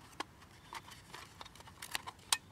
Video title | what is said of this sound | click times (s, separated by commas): Kodak Brownie Box Camera At Kensington Metropark Milford Michigan | it clicks into place there we go | 2.3 s